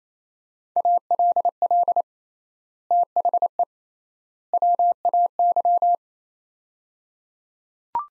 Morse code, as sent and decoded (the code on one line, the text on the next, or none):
.- .-.. .-.. / - .... . / .-- .- -.--
ALL THE WAY